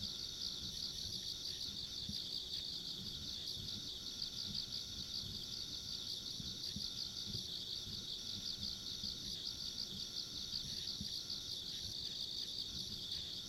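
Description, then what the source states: Insects trilling together in an unbroken high, bright chorus, lightly pulsed, with muffled low background noise throughout. Insects along a rural country road, ambient sound.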